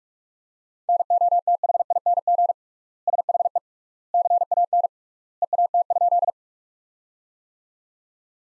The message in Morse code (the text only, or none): NOTHING SHE CAN EAT?